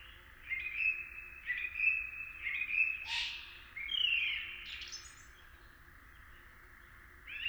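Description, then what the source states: Eurasian eagle-owl begging calls, raspy hissing screeches repeated about every second, some overlapping, with a sharp noisy burst midway, then a quiet spell before one more call. Two fledged juveniles giving begging calls.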